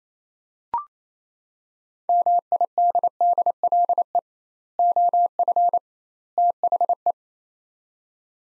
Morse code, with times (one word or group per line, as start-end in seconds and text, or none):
2.1-4.2 MIDDLE
4.8-5.8 OF
6.4-7.1 THE